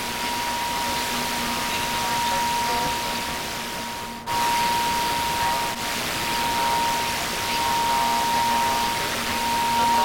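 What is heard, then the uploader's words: Radio static from a receiver tuned during a lunar eclipse: a steady, dense hiss with a thin, constant whistle tone running through it and a fainter low hum beneath. Just after four seconds the signal briefly drops out, with a smaller dip near six seconds. More radiowave exploration during the lunar eclipse.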